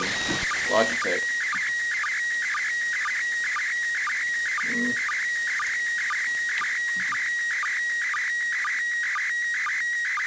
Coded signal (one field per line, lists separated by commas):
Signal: SSTV (slow-scan television)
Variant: PD 120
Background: speech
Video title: Decoding SSTV images pt 3: Decoding more images